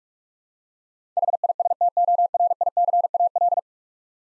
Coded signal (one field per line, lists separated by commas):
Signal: Morse code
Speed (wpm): 46 wpm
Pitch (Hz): 700 Hz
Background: none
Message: HISTORICAL